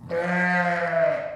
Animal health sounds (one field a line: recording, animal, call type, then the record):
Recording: contact call of a hoofed animal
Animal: sheep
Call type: low-frequency (closed-mouth) or high-frequency (open-mouth) call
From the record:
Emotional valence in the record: negative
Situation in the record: short social isolation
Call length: 1.36 s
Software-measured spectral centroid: 1610 Hz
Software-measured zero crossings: 1740 a second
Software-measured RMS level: -24 dBFS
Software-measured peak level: -12 dBFS